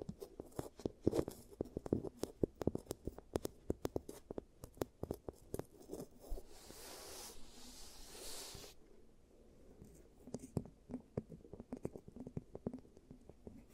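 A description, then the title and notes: ASMR teeth treatment sounds: a steady run of sharp clicks and taps, crowded in the first six seconds, then sparser and uneven. From about 6.5 to 8.5 seconds a soft hissing spray takes over, and soft whispered speech drifts underneath throughout. ASMR Giant Teeth Treatment, Fixing Your Cavities.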